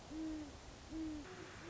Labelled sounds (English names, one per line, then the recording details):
Great Horned Owl
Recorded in Sonoma County, California